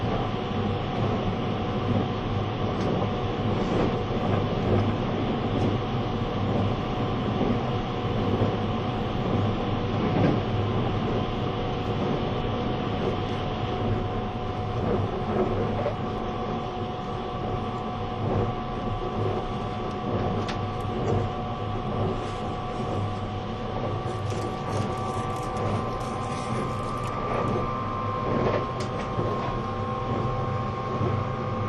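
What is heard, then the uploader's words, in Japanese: A train runs steadily with a dense, constant rumble, a sustained mid-pitched motor whine, and scattered clicks and knocks from the wheels throughout. E257系 あずさ19号03 甲府～松本。E257系、あずさ19号を収録したものです。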